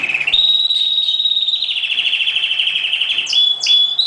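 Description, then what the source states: Oriental magpie-robin holding a long rapid trill that shifts slightly lower in pitch midway, finished by two sharp downslurred whistles. Chirping.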